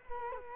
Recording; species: mosquito wingbeat signal from an infrared sensor; Culex quinquefasciatus